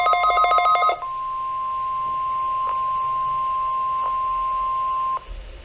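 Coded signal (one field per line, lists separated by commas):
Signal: Emergency Alert System (SAME) tones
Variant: 1050 Hz attention tone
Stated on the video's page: Weekly tests received on a Midland WR300 weather radio.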